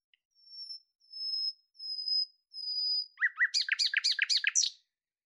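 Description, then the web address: Bird singing: four long, even, high whistled notes, then a fast run of lower, chirpy, rising and falling notes repeated rapidly. "Deverinetal 2025"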